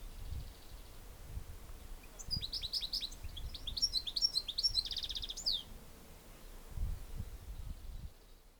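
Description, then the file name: European goldfinch calls: a bright run of tinkling, twittering high notes between about two and six seconds, with low rumbling wind-like noise throughout. "Carduelis carduelis"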